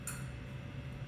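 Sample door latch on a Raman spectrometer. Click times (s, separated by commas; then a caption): 0.1 s. The sample door of a Raman spectrometer is pressed gently closed, and its latch gives a single sharp click at 0.1 s over a steady low hum. The click shows the door has latched shut and the laser is on.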